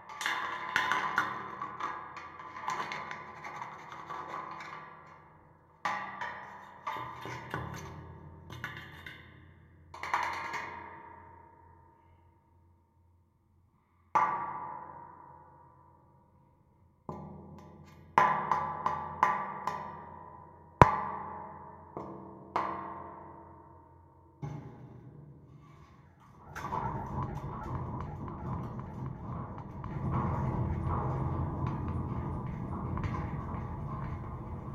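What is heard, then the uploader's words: Contact mic on a gate picks up clangs and scrapes with ringing tails, silent gaps near 12 and 16 seconds, then dense continuous grinding. Contact mic on gate. Scahller Oyster pickup with Zoom H5.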